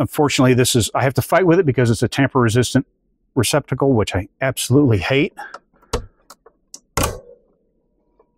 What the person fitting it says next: And you hear the click.